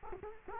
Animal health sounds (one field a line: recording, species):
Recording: mosquito wingbeat signal from an infrared sensor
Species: Culex quinquefasciatus